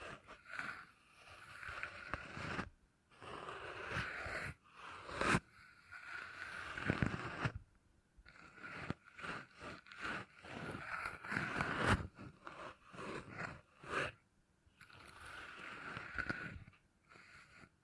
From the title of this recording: Brain Tingly Sounds Using Beeswax